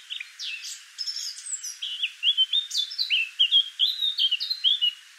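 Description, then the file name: Eurasian blackcap song opening with scratchy twitters, then a clear run of repeated down-slurred fluty whistles, about three per second. "Sylvia atricapilla"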